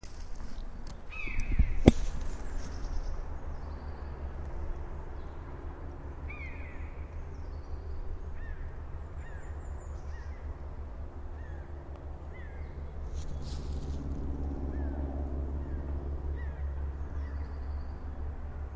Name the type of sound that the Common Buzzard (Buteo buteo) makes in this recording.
call